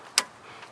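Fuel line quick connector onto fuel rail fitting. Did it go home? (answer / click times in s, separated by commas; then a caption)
yes / 0.2 s. An engine fuel line quick-connect fitting is pushed back onto its fuel rail nipple, and its internal bent retaining tabs snap into place with one sharp, bright click at 0.2 s. Only a faint background hiss follows, and the connector is seated.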